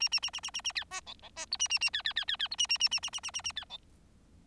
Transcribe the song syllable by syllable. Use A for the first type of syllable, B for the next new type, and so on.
A A A A A A A B C D D C E A A A B B B B B E A A A A A A A A A B D